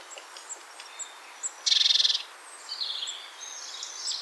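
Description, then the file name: Great tit call, a single buzzy churr of quick pulses lasting about half a second, with faint high chirps from other birds around it. "Parus major"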